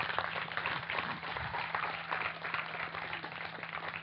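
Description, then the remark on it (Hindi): An audience at a study camp claps steadily for about four seconds in applause for a research presentation, a dense crackling patter of many hands that stays at an even, moderate level throughout, with no voices over it. “ताली बजा जोरदार अनुसंधान के लिए।”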